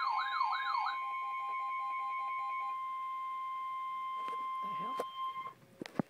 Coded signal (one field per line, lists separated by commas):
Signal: Emergency Alert System (SAME) tones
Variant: 1050 Hz attention tone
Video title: REAL EAS 1137/1138/1139-Unreconized message/Severe Thunders